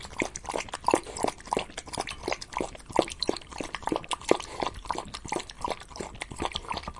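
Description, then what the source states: Dog drinking, rhythmic wet laps in an even, steady run. Dog eating and drinking.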